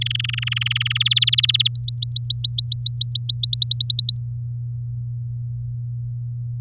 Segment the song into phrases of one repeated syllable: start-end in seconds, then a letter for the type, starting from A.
0.01-0.98 A, 1.00-1.68 B, 1.75-3.40 C, 3.43-4.15 D